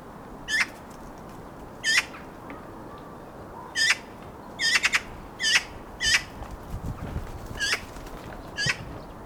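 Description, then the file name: Eurasian magpie giving harsh, rasping chattering notes, single or in short bursts roughly every one to two seconds, with a quick cluster in the middle, over steady low background noise. "Pica pica"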